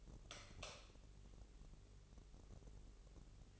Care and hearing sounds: daily activity, microphone in the room; light on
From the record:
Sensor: 4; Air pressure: 996.0 hPa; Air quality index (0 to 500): 64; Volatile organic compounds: 2 ppm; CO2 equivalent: 1143 ppm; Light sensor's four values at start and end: 14/33/13/13 and 17/45/17/18

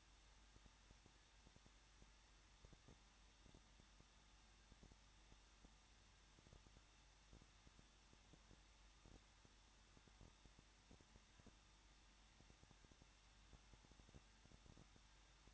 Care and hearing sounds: daily activity, microphone in the room; no activity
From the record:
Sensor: 3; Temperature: 21.3 degrees Celsius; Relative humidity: 36.2%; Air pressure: 1006.5 hPa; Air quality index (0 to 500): 220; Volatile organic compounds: 39 ppm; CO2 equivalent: 3132 ppm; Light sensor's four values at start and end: 2/3/2/2 and 2/3/2/2

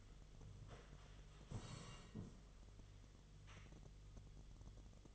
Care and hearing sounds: daily activity, microphone in the room; sit down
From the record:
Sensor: 4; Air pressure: 1006.0 hPa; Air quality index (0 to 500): 110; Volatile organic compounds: 3 ppm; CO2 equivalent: 1372 ppm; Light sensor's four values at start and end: 12/28/11/10 and 12/28/11/10

